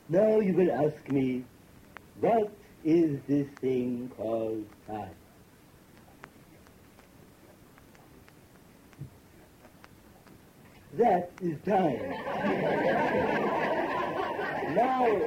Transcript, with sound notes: Now, you will ask me, what is this thing called time? [several second pause] THAT is time. Now,